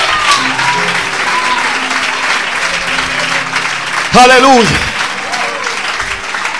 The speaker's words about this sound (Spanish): ¡Oh! ¡Dale un aplauso fuerte al Señor en esta noche!